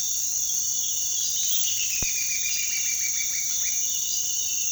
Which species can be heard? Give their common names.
Straight-billed Woodcreeper